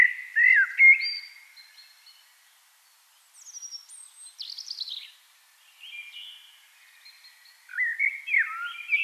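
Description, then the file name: Eurasian blackbird song: mellow warbled phrases separated by pauses, including very high thin squeaks and buzzy twitters midway. "Turdus merula"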